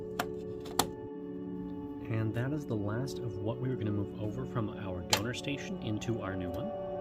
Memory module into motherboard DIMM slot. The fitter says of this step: and two clicks